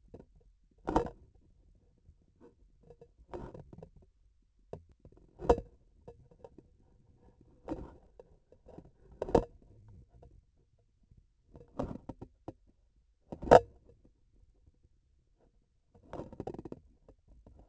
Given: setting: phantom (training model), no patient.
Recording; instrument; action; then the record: laparoscopic instrument, vibration sensor on the handle end; grasping forceps; opening and closing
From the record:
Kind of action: tool actuation without material contact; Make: Olympus